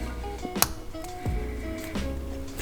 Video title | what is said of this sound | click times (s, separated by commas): Installing Illuminated Door Sills - BMW M3 | it snaps into place so it actually cut into the wire here | 0.6 s